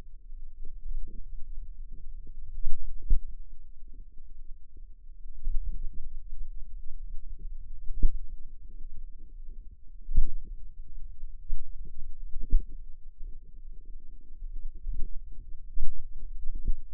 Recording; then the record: forearm muscle sounds (acoustic myography)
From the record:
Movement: pen grasping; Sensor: system 2, bracelet of six BSWA MPA416 microphones around the upper forearm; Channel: 2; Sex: female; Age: 22 years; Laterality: right